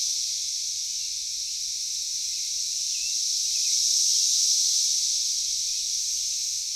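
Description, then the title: Cicadas producing an unbroken high hissing drone that grows louder around the middle. Cicadas calling in a backyard in Knoxville, Tennessee, USA. "Knoxville, TN 37920, USA - Backyard Cicadas"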